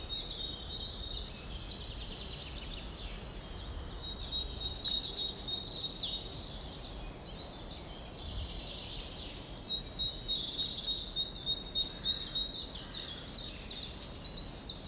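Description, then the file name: Birds chirping and twittering, with high, quick notes overlapping continuously over a steady low rushing noise. "Vogelgezwitscher"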